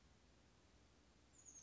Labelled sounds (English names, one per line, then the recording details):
Oak Titmouse
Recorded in Sonoma County, California